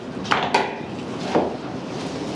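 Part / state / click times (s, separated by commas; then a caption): door latch into shed door frame strike / partly seated / 0.3 s. A shed door is shut from outside, and its latch strikes the door frame strike with a sharp clank at 0.3 s. Further knocks follow at about 0.55 s and 1.4 s. The latch only partly catches and does not fully engage.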